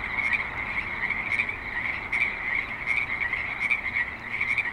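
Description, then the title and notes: Frogs calling together, a continuous buzzy trill broken by periodic sharper pulses. Frogs at a creek in suburban Spanish Springs, Nevada. "Frogs in Spanish Springs, NV - creek view. Frogs with light traffic and other suburban sounds"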